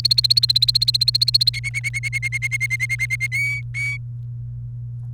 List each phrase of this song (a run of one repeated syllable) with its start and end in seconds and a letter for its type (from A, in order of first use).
0.00-1.49 A, 1.53-3.27 B, 3.32-3.97 C